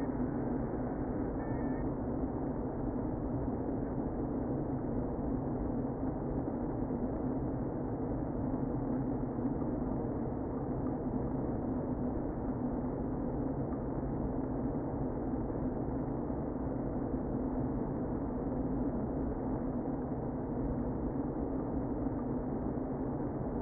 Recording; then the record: honeybee colony, microphone inside the hive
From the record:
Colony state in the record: queen present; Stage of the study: before two queens were removed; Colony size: about 60,000 bees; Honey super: yes